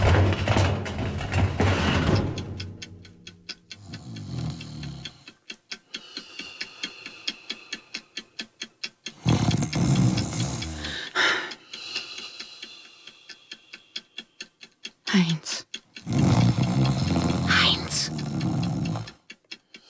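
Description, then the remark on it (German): A man snores loudly in long drawn-out rasping bursts, each breath a harsh, sawing rattle with a low rumble underneath, separated by quieter stretches of fast clicking flutter. “Fingerstechen dieses Schnarchen unterbrechen. Halt ihm mal die Nase zu, dann hat die liebe Säge Ruhe.”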